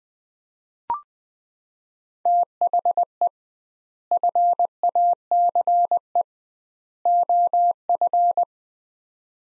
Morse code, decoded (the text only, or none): THE FACE OF